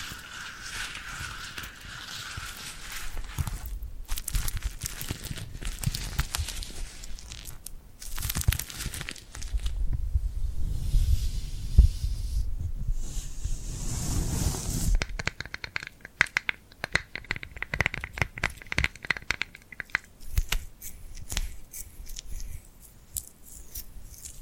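Tingly sticky hand sounds: skin peeling and pressing with crackly tearing textures and soft crinkles. The first fifteen seconds carry denser rubbing with low thumps, then the sound turns sparser, with quick separate sticky pops and snaps scattered to the end.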